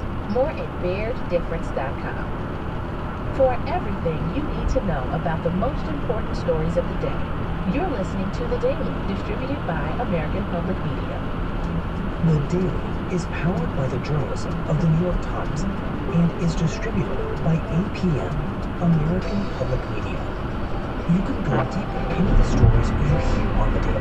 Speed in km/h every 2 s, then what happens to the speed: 105, 105, 106, 108, 111, 111, 113, 113, 113, 109, 108, 108.
0-12 speeds up to 113. 12-24 steady at about 109.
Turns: none.